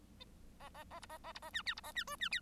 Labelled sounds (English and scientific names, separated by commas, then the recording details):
Bengalese Finch (Lonchura striata domestica) song
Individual Bird1